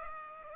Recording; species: mosquito wingbeat signal from an infrared sensor; Culex pipiens